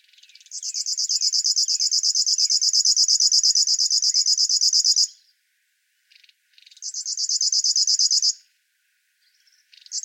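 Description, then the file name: River warbler song: a high, dry, rhythmic buzzing like a sewing machine, one long bout of about four and a half seconds, then a shorter bout after a brief pause. "Schlagschwirl - Locustella fluviatilis"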